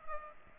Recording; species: mosquito wingbeat signal from an infrared sensor; Culex pipiens